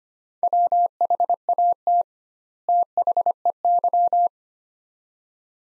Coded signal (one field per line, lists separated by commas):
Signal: Morse code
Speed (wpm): 25 wpm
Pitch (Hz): 700 Hz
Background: none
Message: WHAT THEY